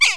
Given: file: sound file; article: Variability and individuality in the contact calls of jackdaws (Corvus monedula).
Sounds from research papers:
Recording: jackdaw call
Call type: harmonic

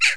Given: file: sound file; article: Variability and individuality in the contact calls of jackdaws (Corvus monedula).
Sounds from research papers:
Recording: jackdaw call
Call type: noisy

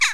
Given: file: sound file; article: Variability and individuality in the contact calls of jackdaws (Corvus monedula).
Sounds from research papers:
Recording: jackdaw call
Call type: harmonic

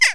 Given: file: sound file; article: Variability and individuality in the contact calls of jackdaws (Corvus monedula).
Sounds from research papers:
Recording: jackdaw call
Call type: harmonic

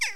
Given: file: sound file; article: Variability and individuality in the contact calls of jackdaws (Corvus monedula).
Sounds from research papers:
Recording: jackdaw call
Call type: harmonic

